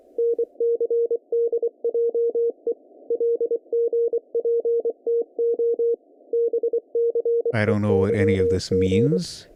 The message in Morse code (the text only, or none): NCDJE LGPTO BCEYG